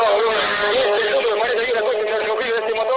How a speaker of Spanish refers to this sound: Escuche el rugido de ese motor, el número 41, que termina de pasar a toda velocidad, impresionante, por Dios, adelante ustedes.